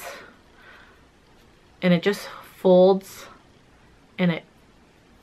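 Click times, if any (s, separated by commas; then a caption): none. A crossbody strap converter piece is folded over onto a Longchamp nylon makeup pouch while someone talks, with soft handling rustles between the words. Nothing has snapped into place yet.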